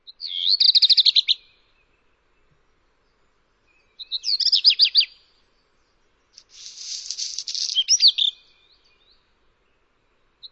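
Bird chirping calls: three bursts of rapid, high, twittering notes, each lasting about a second or two, separated by short silences.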